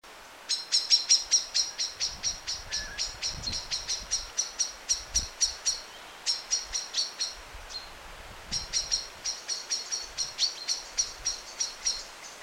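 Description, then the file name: Common blackbird giving a long, rapid series of sharp, high metallic clicks, with a brief pause partway through. "Turdus merula"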